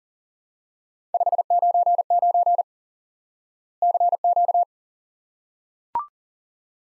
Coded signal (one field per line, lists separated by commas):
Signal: Morse code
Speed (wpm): 43 wpm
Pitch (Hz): 700 Hz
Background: none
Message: 599 CQ